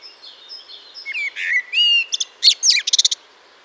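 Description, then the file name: Eurasian blackbird giving a brief phrase: soft whistles, then sharper squeaky notes and a rapid high twittering burst at the end, over quiet background. "Turdus merula"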